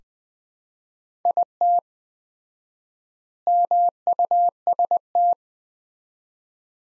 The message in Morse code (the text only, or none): IT MUST